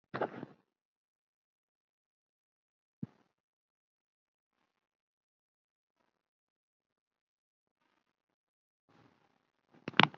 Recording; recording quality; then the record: deep breathing; poor, much background noise or distortion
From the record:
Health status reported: COVID-19 positive, mild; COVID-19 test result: positive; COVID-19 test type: RT-PCR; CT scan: not taken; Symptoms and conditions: sore throat, another condition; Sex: female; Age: 66 years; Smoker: no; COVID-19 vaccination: none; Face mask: not worn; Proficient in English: no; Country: India